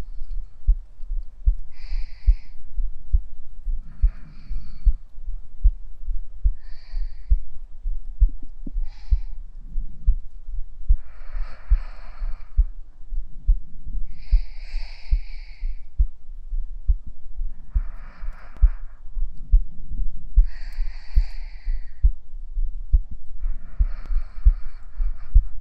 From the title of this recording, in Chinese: 下雨天，躺在妈妈怀里！听到的心跳声